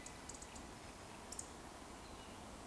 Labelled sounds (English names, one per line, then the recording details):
Eurasian Woodcock whistle
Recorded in Baden-Württemberg, Germany, on 11 June 2020 at 19:55 UTC
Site 14569, 102 m above sea level